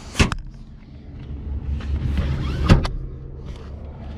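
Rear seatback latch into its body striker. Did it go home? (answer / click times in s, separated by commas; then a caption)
yes / 0.3 s. The folded second-row seatback of a Honda Clarity Plug-In Hybrid is pushed back upright, and its latch clicks into the body striker with a sharp, loud snap at 0.3 s, just after a thud at 0.2 s. Low rumbling cabin noise follows, with another loud knock near 2.7 s and fainter taps afterward. The seatback is latched upright.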